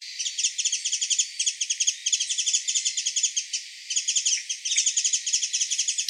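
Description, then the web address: Japanese white-eye calls: rapid high chirps in dense chattering bursts, nearly continuous, with short gaps. 6 February 2018. "birdenaga mejiro"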